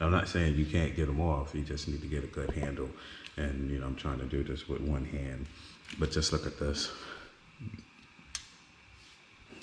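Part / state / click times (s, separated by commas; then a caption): snap-on accessory part onto motorcycle / seated / 8.4 s. A man talks while pressing a snap-on accessory part onto a 2022 Street Glide ST motorcycle with one hand. A single sharp click is heard at 8.4 seconds as the part snaps into place and seats.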